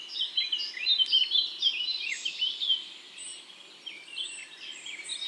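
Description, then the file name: European robin song: thin, high warbling and twittering phrases with quick sliding notes, loudest in the first two seconds, then softer. "Erithacus rubecula"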